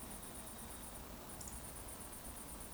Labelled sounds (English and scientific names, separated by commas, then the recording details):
Eurasian Woodcock (Scolopax rusticola) whistle
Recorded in Baden-Württemberg, Germany, on 24 June 2020 at 20:22 UTC
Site 14569, 102 m above sea level